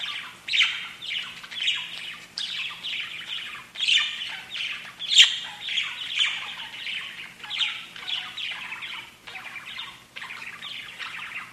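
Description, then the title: Budgerigar squawks and chirps, dense continuous chatter with a few harsher squawking notes. "Budgie Sounds"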